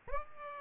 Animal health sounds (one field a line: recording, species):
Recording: mosquito wingbeat signal from an infrared sensor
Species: Aedes aegypti